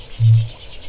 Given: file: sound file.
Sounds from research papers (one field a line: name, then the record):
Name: kakapo Boom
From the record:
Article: Birdsong Denoising Using Wavelets